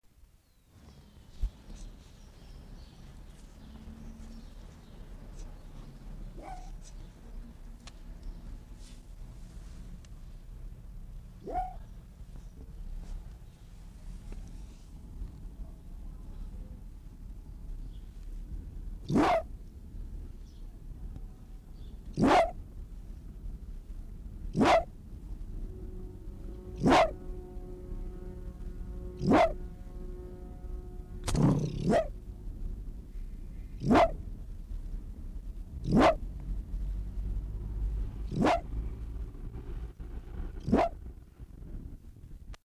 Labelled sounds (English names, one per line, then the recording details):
Arctic Fox barking
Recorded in captivity
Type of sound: barking
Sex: male
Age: adult
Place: Zoologisches Institut der HUB, Berlin, DE
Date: 1959-11-14
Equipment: Reporter, Vollspur
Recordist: Tembrock, Günter
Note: Fuchsanlage: "Teddy" unter Kasten, gegen Beobachter geschlossenes Bellen (LBg) (weich und rauh); Abstand 50 cm (Alarmsignal aus der Höhle oder neben ihr)